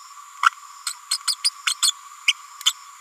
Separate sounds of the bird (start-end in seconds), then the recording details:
0.42-0.50, 0.86-0.93, 1.11-1.17, 1.27-1.35, 1.44-1.50, 1.66-1.74, 1.82-1.92, 2.27-2.32, 2.65-2.73. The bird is a female. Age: 30 days. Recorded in a nest box in Venezuela. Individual 17B102A6